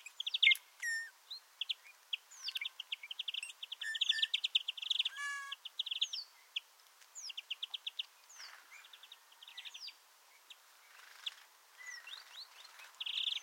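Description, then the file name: European greenfinch calling with rapid trilled twitters in short bursts, repeated throughout, with scattered sharp chirps and a brief buzzy rattle midway. "Chloris chloris"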